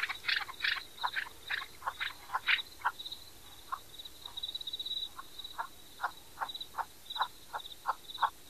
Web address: Songs of Birds of North America Stokes. Chukar